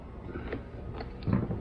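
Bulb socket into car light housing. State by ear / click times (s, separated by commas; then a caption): not seated / none. A bulb socket is being handled and given a soft turn into the side marker or headlight housing of a New Edge Mustang's American Muscle headlight so it twist-locks in place. Faint scraping and small taps are heard over a low background hum, and nothing has seated or clicked yet.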